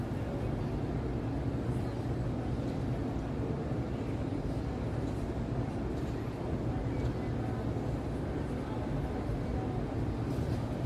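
A steady low rumble of Midtown New York City traffic at night, dense and unbroken, with faint bright flickers of distant activity.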